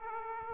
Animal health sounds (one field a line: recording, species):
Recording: mosquito wingbeat signal from an infrared sensor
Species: Aedes aegypti